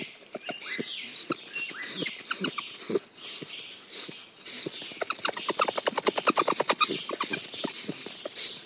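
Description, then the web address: White-nosed coati giving rapid, dry clicking and scratchy chittering pulses in irregular bursts that grow denser and louder in the second half. South American rainforest mammal. "Natures Songs S America Mammals of the Rainforest White-nosed Coati"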